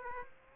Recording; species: mosquito wingbeat signal from an infrared sensor; Aedes aegypti